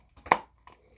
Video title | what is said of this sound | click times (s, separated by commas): TMNT Universal Monsters Leonardo as The Hunchback Neca Toys | make a little clicking noise and right there's how it looks | 0.3 s